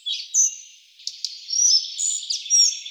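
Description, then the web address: Collared flycatcher: thin high notes and short whistled phrases throughout. "Ficedula albicollis"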